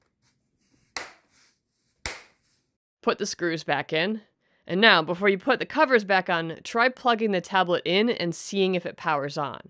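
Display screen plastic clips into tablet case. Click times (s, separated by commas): 1.0 s, 2.1 s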